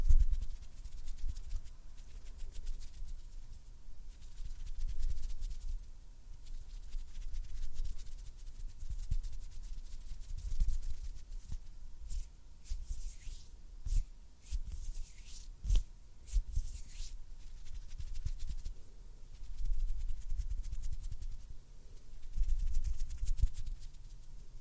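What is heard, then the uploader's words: Close fingers flutter and brush lightly with soft scratchy bursts, denser and brighter in the middle, over a low rumble and faint steady hum. ASMR CLOSE-UP FINGER FLUTTERING AND HAND SOUNDS - NO TALKING.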